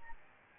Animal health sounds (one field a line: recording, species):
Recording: mosquito wingbeat signal from an infrared sensor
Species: Aedes albopictus